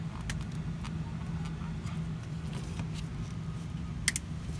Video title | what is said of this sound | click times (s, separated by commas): HOW TO REPLACE CAMSHAFT SENSOR - NISSAN 350z | it actually should click twice so you hear one click that's what got halfway you get the other click and | 0.3 s, 4.1 s